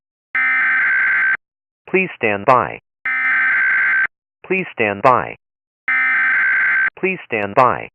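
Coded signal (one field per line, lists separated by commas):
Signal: Emergency Alert System (SAME) tones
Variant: header bursts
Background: speech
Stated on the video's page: Fictional Halloween EAS scenario, not a real alert.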